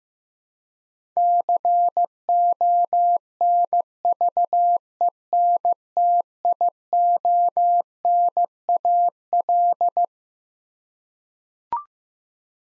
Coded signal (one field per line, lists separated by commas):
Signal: Morse code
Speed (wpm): 15 wpm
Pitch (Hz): 700 Hz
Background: none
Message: CONVENTIONAL